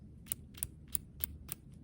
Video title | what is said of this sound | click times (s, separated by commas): Tattoo Kit Review: CNC Q2 | whereas with a CNC-Q2, it locks in, so you can hear it when it twists. | 0.3 s, 0.6 s, 0.9 s, 1.2 s, 1.5 s